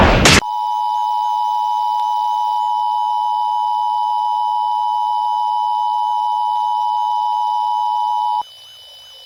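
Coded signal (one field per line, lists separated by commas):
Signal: Emergency Alert System (SAME) tones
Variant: 853 and 960 Hz attention tone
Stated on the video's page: Mock EAS alert, simulated.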